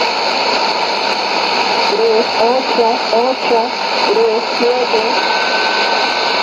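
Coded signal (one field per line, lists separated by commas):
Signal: numbers station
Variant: HM01, Spanish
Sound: a voice reading short, evenly spaced words through loud hissing shortwave noise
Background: radio static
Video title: 19 01 2017 Cuban Spy Numbers HM01 in Spanish 0916 on 11462 Bejucal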